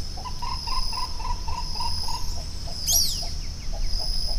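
Bird call as a steady rhythmic string of short notes for two seconds, then fainter notes, with a persistent high insect whine and one sharp descending high sweep.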